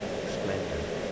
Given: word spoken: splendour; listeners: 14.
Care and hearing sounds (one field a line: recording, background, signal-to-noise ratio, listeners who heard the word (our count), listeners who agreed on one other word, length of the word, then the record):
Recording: one English word in noise, from a listening test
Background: speech-shaped noise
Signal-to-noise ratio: -4.4 dB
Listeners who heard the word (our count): 0 of 14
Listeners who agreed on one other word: 8 of 14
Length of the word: 0.72 s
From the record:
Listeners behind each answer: 8, 2, 1, 1, 1, 1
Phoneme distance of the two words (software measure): 20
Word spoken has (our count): 2 syllables, 8 phonemes, stress on syllable 1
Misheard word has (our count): 2 syllables, 8 phonemes, stress on syllable 1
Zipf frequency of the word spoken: 3.36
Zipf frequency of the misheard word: 4.05